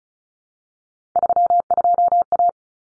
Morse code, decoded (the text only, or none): 32A